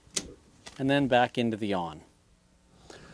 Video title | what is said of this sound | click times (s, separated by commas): How to Reset a Tripped Breaker | and in order to reset that you must fully pull it to the off position till it snaps | 0.2 s